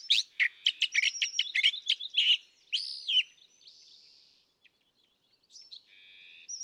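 California thrasher song: a rapid run of harsh, varied chips and buzzy notes, then a pause before softer nasal phrases near the end.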